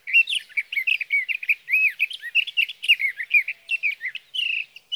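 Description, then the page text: Sage thrasher singing a continuous jumble of quick warbles, twangy slurs and short whistled notes, phrases tumbling one into the next. Male singing through the night near his night roost, evenings of June 12 to mornings of June 15, 2018, Sierra Valley, California; captured on a Swift recorder. "Birdsong for the Curious Naturalist: Explore #7. 61. Sage thrasher songs, through the night. from the evening of June 12 to the morning of June 15, 2018, in Sierra Valley, California"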